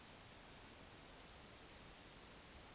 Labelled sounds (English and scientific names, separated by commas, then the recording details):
Eurasian Woodcock (Scolopax rusticola) whistle
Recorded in Baden-Württemberg, Germany, on 20 May 2021 at 20:07 UTC
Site 24606, 635 m above sea level